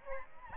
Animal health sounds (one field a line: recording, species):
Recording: mosquito wingbeat signal from an infrared sensor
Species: Aedes albopictus